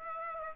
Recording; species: mosquito wingbeat signal from an infrared sensor; Aedes aegypti